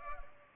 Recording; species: mosquito wingbeat signal from an infrared sensor; Culex pipiens